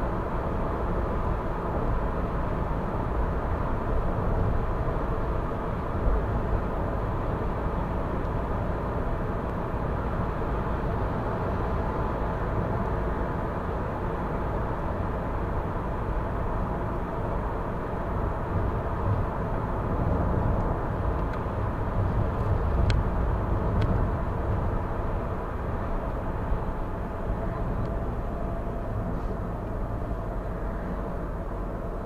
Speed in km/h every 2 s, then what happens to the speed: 96, 96, 95, 95, 95, 95, 95, 95, 96, 96, 96, 93, 89, 79, 68, 64.
0-21 steady at about 95. 21-32 slows to 64.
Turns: none.